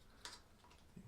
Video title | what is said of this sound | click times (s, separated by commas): CAA MCK M&P9 (Home Defense Option) | You put it in that orientation, and it just clicks right in like that. | 0.2 s